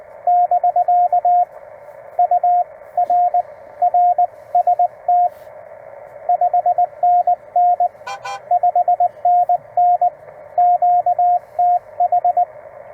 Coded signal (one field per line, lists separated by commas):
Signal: Morse code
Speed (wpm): 16 wpm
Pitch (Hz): 700 Hz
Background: radio noise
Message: <BK> UR RST 5NN 5NN QTH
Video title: Friend Stops by to see a CW POTA